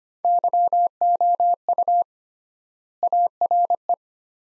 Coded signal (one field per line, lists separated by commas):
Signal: Morse code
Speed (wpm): 25 wpm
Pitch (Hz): 700 Hz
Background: none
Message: YOU ARE